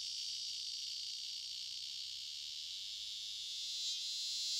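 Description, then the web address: Scissor-grinder cicada song, a steady high hissing buzz that holds evenly throughout and swells slightly near the end. "The Songs of Insects. Scissor-grinder Cicada"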